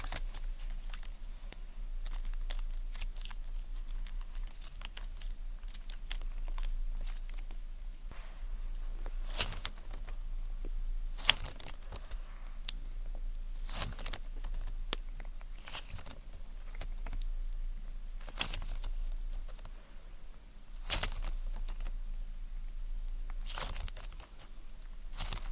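Ear cleaning with tweezers and sticky sounds: quiet clicks and scrapes throughout, with sharp bright hissing bursts near 9, 11, 14, 18, 21 and 24 seconds.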